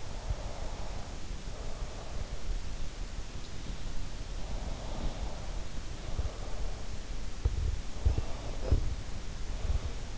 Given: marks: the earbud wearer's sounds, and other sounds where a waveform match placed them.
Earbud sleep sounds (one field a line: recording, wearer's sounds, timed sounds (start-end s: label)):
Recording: sounds in sleep by an in-ear microphone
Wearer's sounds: breath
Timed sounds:
0.00-2.50 s: breath
4.46-6.96 s: breath
7.32-10.17 s: sound from someone else or the room
8.03-10.17 s: breath